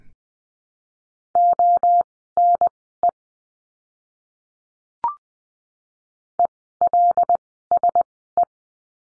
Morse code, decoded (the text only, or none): ONE ELSE